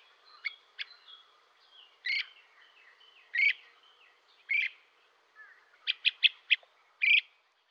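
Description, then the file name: Great crested flycatcher calls: short burry, upslurred notes spaced irregularly, ending in a quick run of four clipped notes and one final burr; quiet background. "dan gibsons solitudes great crested flycatcher"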